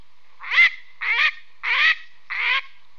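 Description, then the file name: Duck making four harsh, nasal quacks in a steady series. "Grey"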